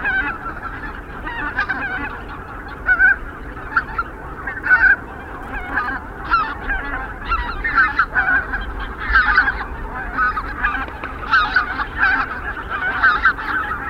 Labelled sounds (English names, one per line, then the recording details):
Greater White-fronted Goose call
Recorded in the wild
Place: Zingst, Insel Kirr, Mecklenburg-Vorpommern, DE
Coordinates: 54.418, 12.714
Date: 1979-10-18 19:50
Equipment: Nagra III BH, Sennheiser MD 21, parabola
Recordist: Schubert, Michael